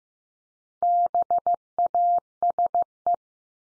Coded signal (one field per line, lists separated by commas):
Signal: Morse code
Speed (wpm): 15 wpm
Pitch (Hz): 700 Hz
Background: none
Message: BASE